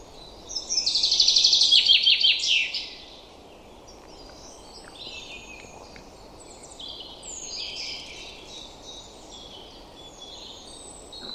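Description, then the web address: Common chaffinch song: a loud two-second phrase of rapid repeated notes speeding into a descending run, then quieter chirps and warbles. "Deverinetal 2025"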